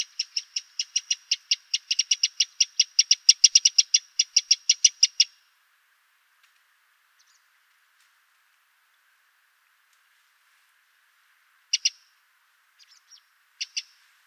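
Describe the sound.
Eurasian wren call: a rapid run of hard, high ticks for about five seconds, then silence broken by a few short clicking bursts near the end.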